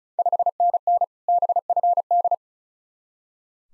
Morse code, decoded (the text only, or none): 5NN BFD